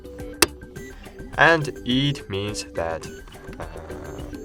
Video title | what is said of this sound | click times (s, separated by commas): How To Install Battey In HP Office Jet 250 All in One | press on the battery until you will hear the click sound so | 0.4 s